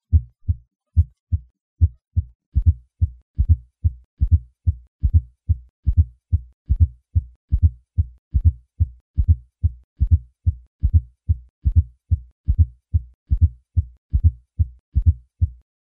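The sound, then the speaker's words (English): A heartbeat through the bell of a stethoscope at the cardiac apex, patient in the left lateral position, with a low-pitched, late diastolic fourth heart sound: low, dull thumps in closely spaced pairs, repeating in a steady rhythm for the whole stretch, with no voices. “In summary, a fourth heart sound is a low-pitched, late diastolic sound heard best at the cardiac apex using the bell of the stethoscope with the patient in the left lateral position.”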